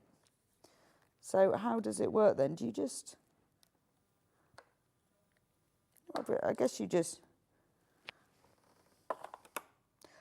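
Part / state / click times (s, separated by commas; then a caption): tape measure holder clamping onto table edge / seated / 9.1 s, 9.6 s. A tape measure holder is fitted onto the edge of a cutting table while someone talks. After a few faint taps, two sharp clicks sound at 9.1 s and 9.6 s as the holder seats onto the table edge, ready to be turned to fix it in place.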